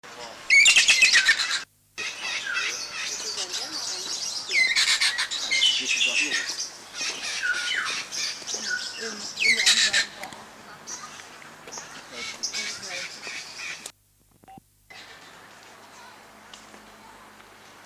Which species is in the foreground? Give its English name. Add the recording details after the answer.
New Zealand Kaka. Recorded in captivity. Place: Tiergarten Wilhelma/Stuttgart, Baden-Württemberg, DE. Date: 2004-10-03 18:20. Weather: bedeckt - heiter, 17°C. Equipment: Sony WM-D6C, Sennheiser ME 80, Kopie Uher 4000 Report Monitor. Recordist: Tembrock, Günter. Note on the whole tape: Zwei Tiere: diverse Lautformen